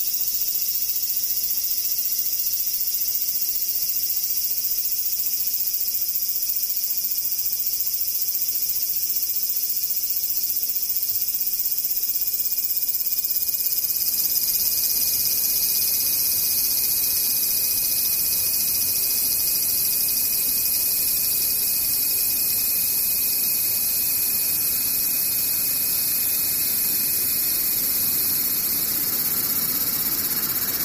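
Cicadas drone in a steady, dense, high-pitched buzz that runs unbroken for the whole half minute, sounding almost like an electronic alarm. Around the midpoint the texture shifts slightly, with a faint low rumble underneath growing a little more noticeable toward the end.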